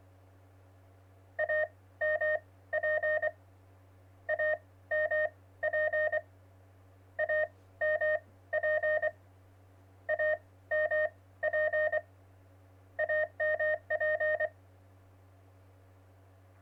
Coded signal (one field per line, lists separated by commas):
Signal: Morse code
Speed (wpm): 24 wpm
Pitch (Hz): 620 Hz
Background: none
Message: AMP AMP AMP AMP AMP